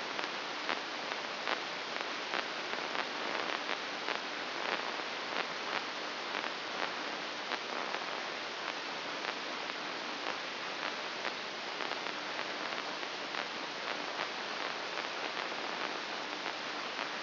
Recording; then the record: brain microelectrode recording played as sound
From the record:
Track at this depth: inside the subthalamic nucleus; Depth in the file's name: 3.004 mm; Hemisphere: right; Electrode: 2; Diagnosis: Parkinson's disease